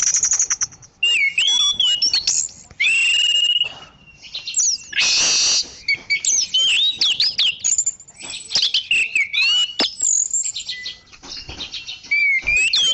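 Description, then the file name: Orange-banded thrush song, a busy, varied medley of whistled slurs, chattering notes and short buzzy bursts, continuing in quick phrases with brief gaps. "anis cendana"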